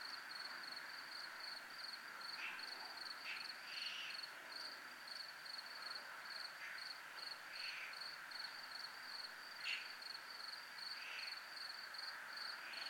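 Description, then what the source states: Even, shrill cricket chirping pulses continuously, with scattered short clicks and a few brief buzzy swells. Crickets recorded at a zona militar (military zone).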